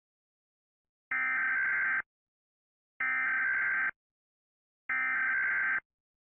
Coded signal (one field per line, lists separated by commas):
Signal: Emergency Alert System (SAME) tones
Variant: header bursts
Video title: Rating Eas Alarms Part 1: The Beggining